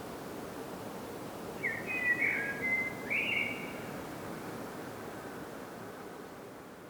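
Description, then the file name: Common blackbird singing one fluty, whistled phrase of warbled notes in midway, lasting about two seconds over a steady background hiss. "Turdus merula"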